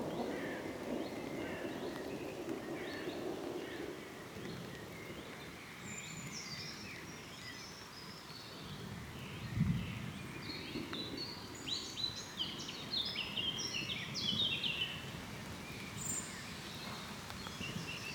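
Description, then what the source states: Songbirds chirping and twittering in scattered bursts over steady rustling noise, with a brief low thud near the middle. With rustling leaves in the background.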